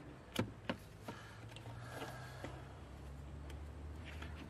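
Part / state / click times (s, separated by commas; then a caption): unidentified part into its housing / seated / 0.4 s, 0.7 s. A part is pressed back into its housing and snaps into place with two short, sharp clicks at 0.4 s and 0.7 s. Fainter taps and handling noise follow over a steady low hum, and the part is seated.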